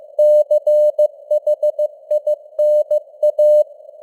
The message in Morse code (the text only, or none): CHINA